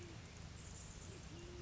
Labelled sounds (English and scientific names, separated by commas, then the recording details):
Band-tailed Pigeon (Patagioenas fasciata)
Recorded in Sonoma County, California